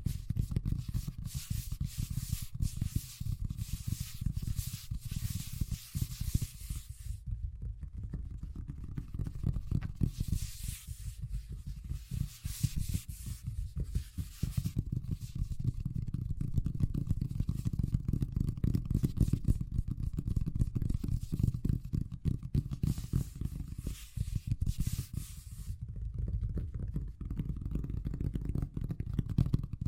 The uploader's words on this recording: ASMR Braingasm Inducing Fast Tapping (No Talking).